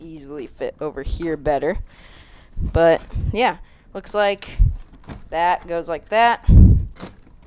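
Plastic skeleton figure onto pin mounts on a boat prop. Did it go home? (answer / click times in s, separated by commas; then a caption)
no / none. A plastic skeleton figure with little pins is being handled and lined up onto its pin mount on a boat prop while someone talks. Low thumps and handling noises sit under the voice. Nothing has seated or clicked yet.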